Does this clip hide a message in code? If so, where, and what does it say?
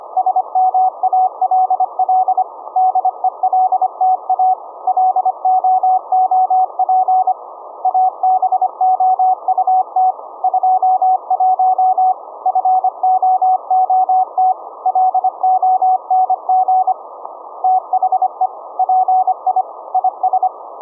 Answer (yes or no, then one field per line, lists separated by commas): yes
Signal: Morse code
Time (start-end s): 0.2-20.5 s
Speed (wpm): 25 wpm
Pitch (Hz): 750 Hz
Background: none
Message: SMALL DELTA LOOP ABOUT 21 FOOT LONG THE PI IS